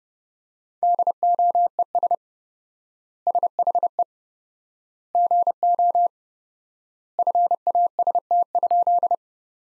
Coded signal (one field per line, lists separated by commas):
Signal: Morse code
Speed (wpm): 30 wpm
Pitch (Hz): 700 Hz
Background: none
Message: DOES SHE GO FAST?